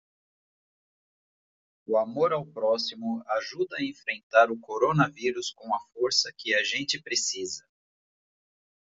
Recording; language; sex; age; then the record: spoken sentence; Brazilian Portuguese; male; 40 to 49 years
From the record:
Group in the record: control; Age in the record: 44 years